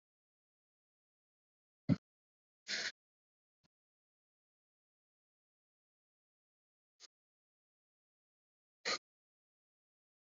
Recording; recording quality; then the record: shallow breathing; moderate, slight background noise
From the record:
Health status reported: COVID-19 positive, no symptoms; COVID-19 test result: positive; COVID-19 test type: RT-PCR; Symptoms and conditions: cold, fatigue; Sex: female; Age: 26 years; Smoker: no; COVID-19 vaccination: both doses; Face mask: not worn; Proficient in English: yes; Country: India